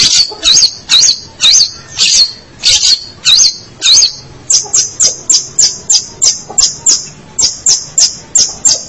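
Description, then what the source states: Long-tailed shrike song: loud whistled notes rising and falling about twice a second, then speeding into a fast series of short, sharp whistles. Local name pentet; labelled 201703.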